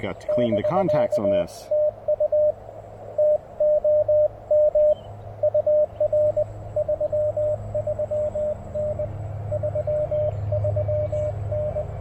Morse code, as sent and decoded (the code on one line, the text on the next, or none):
-...-.- - ..- / - --- -- / ..- .-. / ...-- ...-- -. / ...-- ...-- -.
<BK>TU TOM UR 33N 33N